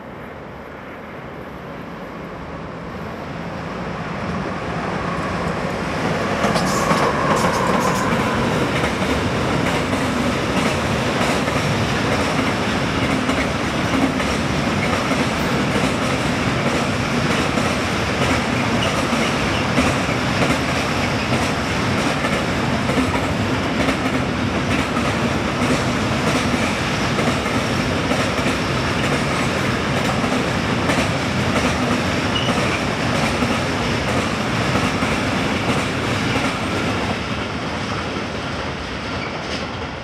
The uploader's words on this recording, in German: BLS Cargo am Simplon - Doppeltraktion TRAXX/VECTRON. GÜTERZUG AM SIMPLON.